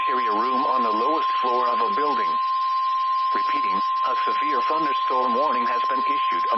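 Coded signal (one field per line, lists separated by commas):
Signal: Emergency Alert System (SAME) tones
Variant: 1050 Hz attention tone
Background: speech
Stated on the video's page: Compilation of real EAS alerts from a marginal severe weather day.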